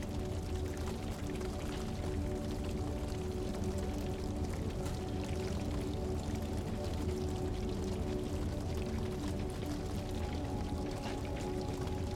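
A fire crackles over soft, sustained music. Held low and middle tones hum steadily throughout, while quick, scattered pops and snaps keep flickering on top at an even loudness for the whole stretch, with no pauses or changes in pace.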